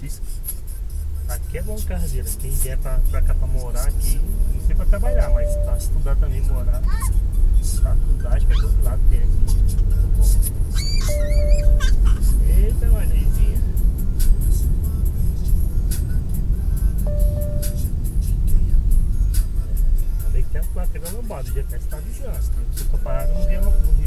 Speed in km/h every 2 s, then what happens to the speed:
12, 20, 27, 33, 38, 43, 47, 48, 45, 39, 15, 20.
0-13 speeds up to 48. 13-20 brakes to 15.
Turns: none.